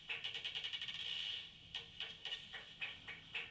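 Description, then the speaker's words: Noctule bat echolocation calls, a rapid burst of pulses for the first second and a half, then slower regular pulses roughly every quarter second. Bats hunting; short call then silence while listening for the echo, repeating roughly every third of a second; Norwegian name storflaggermus. "Noen lyder først av flaggermus på jakt."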